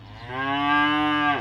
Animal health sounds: contact call of a hoofed animal; cattle; low-frequency (closed-mouth) or high-frequency (open-mouth) call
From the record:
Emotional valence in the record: negative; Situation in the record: full separation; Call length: 1.41 s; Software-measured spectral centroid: 1670 Hz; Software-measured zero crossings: 2200 a second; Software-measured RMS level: -23 dBFS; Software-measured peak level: -10 dBFS

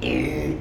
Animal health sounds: contact call of a hoofed animal; pig; closed-mouth grunt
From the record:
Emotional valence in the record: negative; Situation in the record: short social isolation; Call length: 0.62 s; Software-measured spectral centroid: 1990 Hz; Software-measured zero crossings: 1320 a second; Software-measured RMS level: -24 dBFS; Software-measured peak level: -11 dBFS

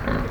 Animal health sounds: contact call of a hoofed animal; wild boar; grunt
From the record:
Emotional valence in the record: positive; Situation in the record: naturally occurring affiliative interactions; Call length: 0.31 s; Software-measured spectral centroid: 1830 Hz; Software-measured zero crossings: 1280 a second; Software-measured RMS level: -24 dBFS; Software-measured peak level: -11 dBFS

